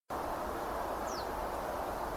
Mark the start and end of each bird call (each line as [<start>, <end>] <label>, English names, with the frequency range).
[1.06, 1.24] Reed Bunting (3.9-7.5 kHz)